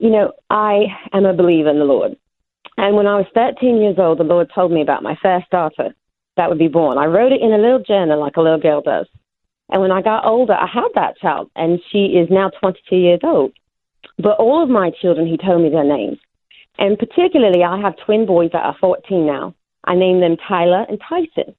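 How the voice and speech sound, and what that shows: An adult American woman speaks over a phone-quality line in a British-sounding, sing-songy accent that makes her seem to be from somewhere else: foreign accent disorder, a speech impediment present since May 2015. It is linked to hemiplegic migraines or brain trauma and grows thicker or lighter with migraines. She also has Ehlers-Danlos syndrome.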